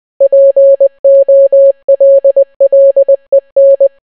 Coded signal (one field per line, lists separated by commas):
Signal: Morse code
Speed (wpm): 20 wpm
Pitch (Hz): 550 Hz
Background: none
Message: POLLEN